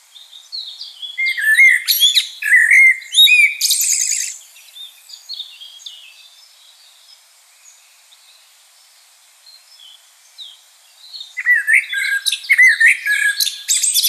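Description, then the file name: Common blackbird song: two bursts of rich warbled phrases mixed with high squeaky notes, separated by several seconds of near silence. "Turdus merula"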